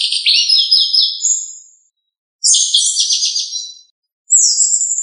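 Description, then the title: Thrush song in rich, fast phrases of slurred whistles and trills, three bursts spaced by brief silences, clear and uncluttered. Listed under the thrush family Turdidae; local name sabia. "Familia Turdidae - Sabia"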